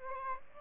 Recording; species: mosquito wingbeat signal from an infrared sensor; Aedes albopictus